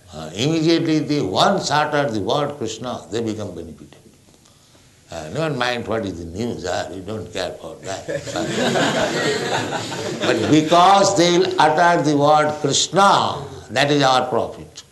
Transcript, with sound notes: Immediately, they once utter the word "Kṛṣṇa," they become benefited. Never mind what is the news. Oh, we don't care for that. [laughter] But because they will utter the word "Kṛṣṇa," that is our profit.